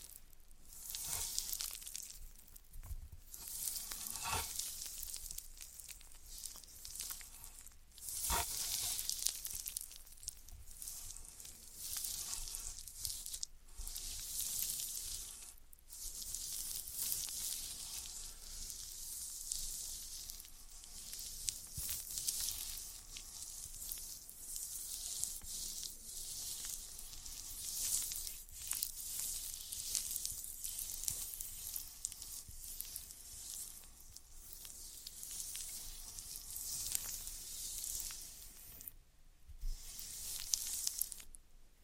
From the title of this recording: Dry vs Wet Floral Foam Tapping, Cutting and Crushing